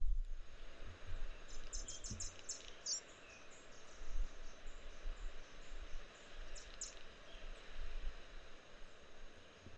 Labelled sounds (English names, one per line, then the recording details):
Northern Red Bishop
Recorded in northern Uganda